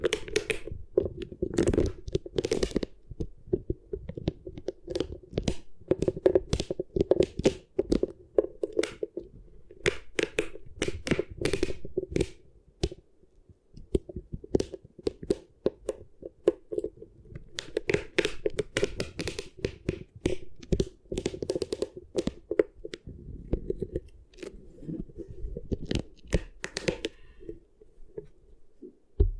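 Beeswax being squished and handled produces dense bursts of sticky crackles and soft tearing snaps, many per second. A steady low hum runs underneath throughout. Activity thins into brief quiet gaps around 13 seconds and again near the end, then resumes.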